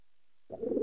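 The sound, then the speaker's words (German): Pigeons flying around inside an apartment: after a moment of silence, a pigeon lets out a low, throaty coo, a soft rolling murmur that swells slightly and continues to the end, with no one speaking. “Ich lasse in meiner Wohnung Tauben rumfliegen.”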